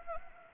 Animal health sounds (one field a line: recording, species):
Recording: mosquito wingbeat signal from an infrared sensor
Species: Anopheles gambiae